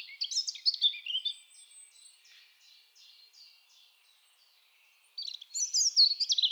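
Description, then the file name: European robin singing a sparkling high phrase, then a run of faint, evenly spaced thin notes, before another bright, rapid warbled burst at the end. "Erithacus rubecula"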